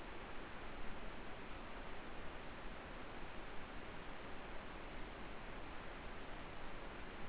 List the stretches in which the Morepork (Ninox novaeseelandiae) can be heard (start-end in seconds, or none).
none